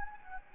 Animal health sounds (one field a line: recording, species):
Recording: mosquito wingbeat signal from an infrared sensor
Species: Anopheles gambiae